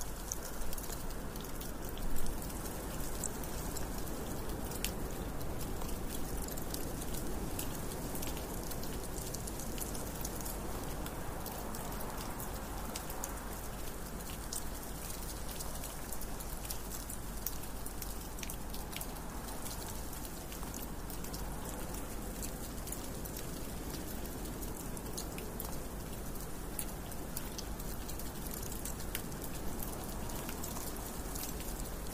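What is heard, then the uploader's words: Meltwater drips steadily through a hidden corner of the woods, countless small taps and ticks scattered densely across the whole half minute. Beneath them runs a constant soft wash with a low, even rumble, and one slightly louder knock comes near the start. Snow Melt: ambient soundscape. We are tucked away in some hidden part of the woods as the snows begin to melt.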